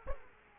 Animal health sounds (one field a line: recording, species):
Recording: mosquito wingbeat signal from an infrared sensor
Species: Culex quinquefasciatus